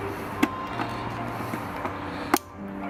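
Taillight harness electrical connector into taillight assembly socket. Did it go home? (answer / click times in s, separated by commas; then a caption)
yes / 2.3 s. A taillight harness electrical connector is plugged back into the taillight assembly socket. A few small ticks and knocks sound over a low steady hum, then one sharp click at 2.3 s as the connector locks in and seats.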